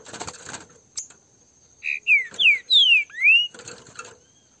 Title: Canto De Trinca Ferro. LINDA DISPUTA com casal de trinca ferro solto